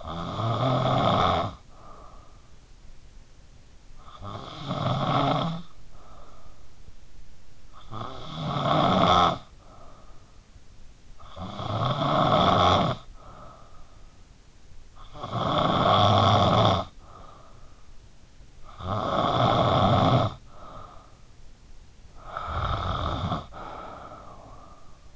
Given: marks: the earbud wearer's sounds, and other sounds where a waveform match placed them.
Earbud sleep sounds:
sounds in sleep by an in-ear microphone; snoring breath
0.00-25.16 s: snoring breath

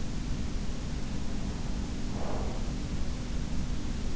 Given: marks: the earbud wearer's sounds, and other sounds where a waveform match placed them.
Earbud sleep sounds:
sounds in sleep by an in-ear microphone; breath
1.07-2.94 s: breath

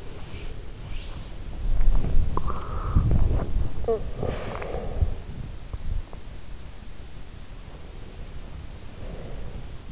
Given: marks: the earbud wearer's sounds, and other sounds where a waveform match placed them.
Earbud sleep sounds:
sounds in sleep by an in-ear microphone; breath, body movement, talking in sleep
0.00-1.33 s: breath
0.57-6.73 s: body movement
2.13-5.48 s: breath
3.74-4.27 s: talking in sleep
7.89-9.81 s: breath

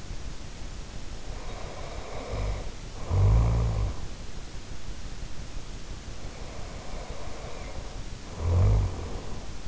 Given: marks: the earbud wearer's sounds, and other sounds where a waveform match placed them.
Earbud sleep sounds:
sounds in sleep by an in-ear microphone; snoring breath
1.04-4.03 s: snoring breath
6.08-9.68 s: snoring breath

